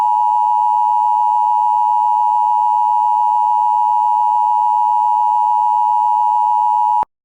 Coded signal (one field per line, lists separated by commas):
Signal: Emergency Alert System (SAME) tones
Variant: 853 and 960 Hz attention tone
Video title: SVR On WJON 9/3/23 (EAS #2061)